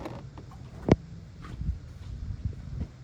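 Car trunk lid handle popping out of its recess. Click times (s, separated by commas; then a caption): 0.9 s. The trunk lid handle of a 1992 Mercedes-Benz 600SEL V12 sedan pops out of its recess with one sharp hit at 0.9 s. The hit stands out against a quiet background with a few faint knocks. The handle releases as it should.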